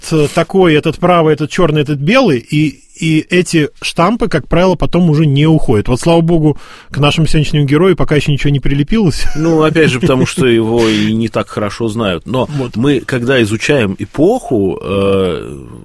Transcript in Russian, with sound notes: этот такой... этот — правый, этот — чёрный, этот — белый, и эти штампы, как правило, потом уже не уходят. Вот, слава Богу, к нашему сегодняшнему герою пока еще ничего не прилепилось... (Смеется.)
— Ну, опять же, потому что его и не так хорошо знают. Но мы когда изучаем эпоху,